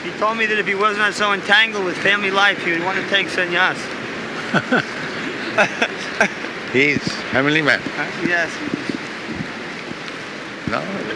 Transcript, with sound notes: He told me that if he was not so entangled with family life, he would want to take sannyāsa.
[laughs] He is family man?
Yes.
No,